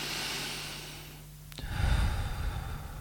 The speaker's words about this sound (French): Comme on respire par la bouche au lieu du nez, ou on ne prend jamais de bonne respiration profonde, en fait, en vérité. Normalement, on devrait respirer comme ça.